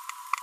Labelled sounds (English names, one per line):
Green-rumped Parrotlet babbling